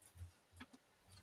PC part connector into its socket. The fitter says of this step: I think I heard it. I think I heard something. Yeah, that looks like it's in.